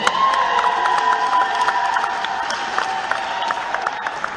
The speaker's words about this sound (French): Est-ce que vous êtes d'accord avec moi? Amen. Si vous êtes d'accord avec moi, poussez les acclamations.